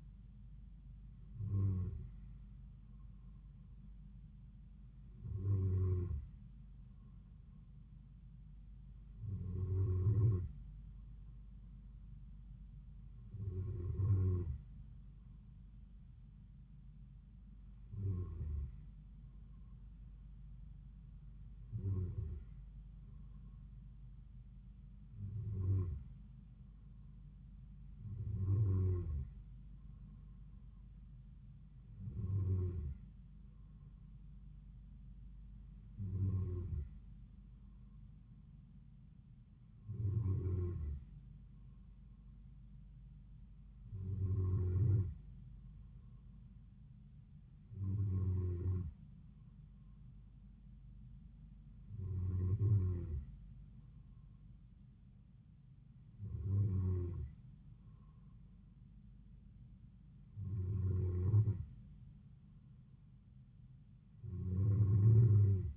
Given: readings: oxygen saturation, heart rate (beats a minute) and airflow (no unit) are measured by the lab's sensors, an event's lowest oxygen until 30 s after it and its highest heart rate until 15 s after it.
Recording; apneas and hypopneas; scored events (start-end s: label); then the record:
breathing in sleep by a smartphone at the bedside; none
none scored
From the record:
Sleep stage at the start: N2 (light sleep); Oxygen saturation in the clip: 93 to 94%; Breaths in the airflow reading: 16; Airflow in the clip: -4.0 to 3.3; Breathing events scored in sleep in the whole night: 270 in 6.1 hours asleep